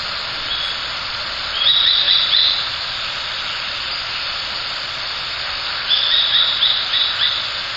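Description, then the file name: Japanese sparrowhawk giving two brief runs of quick, high kik calls several seconds apart, set against a dense, steady hiss. "ツミ 1505311608 遠藤"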